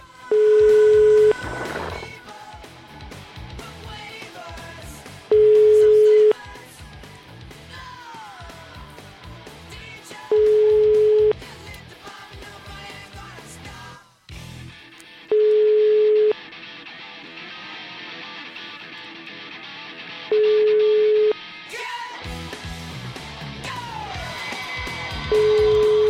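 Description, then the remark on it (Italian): A phone's ringback tone sounds six times, each a steady mid-pitched one-second beep about five seconds apart, the call going unanswered while a loud, rumbling roar fills the gaps. “Vabbè, questo codardo non risponde.”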